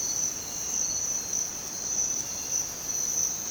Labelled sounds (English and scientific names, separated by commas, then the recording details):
none
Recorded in dense forest near Puerto Asís, Putumayo, Colombia, on 27 June 2025 at 05:00
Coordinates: 0.484, -76.317
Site G045